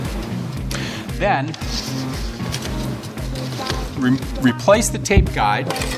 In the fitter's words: making sure that you flip the tape back up into the operating position when you're finished you'll hear a click like that